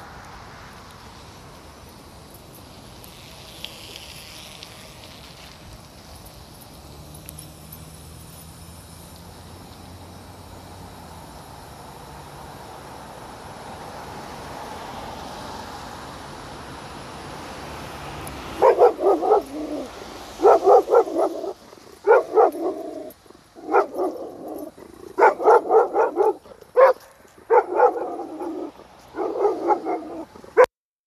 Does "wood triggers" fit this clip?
no